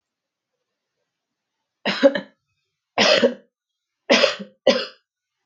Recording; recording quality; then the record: heavy voluntary cough; excellent, no background noise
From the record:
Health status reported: healthy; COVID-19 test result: negative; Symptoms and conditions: none ticked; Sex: female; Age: 37 years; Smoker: yes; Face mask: not worn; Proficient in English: yes